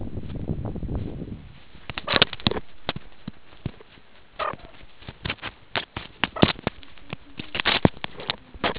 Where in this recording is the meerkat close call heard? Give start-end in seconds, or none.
2.06-2.22, 4.38-4.54, 6.35-6.48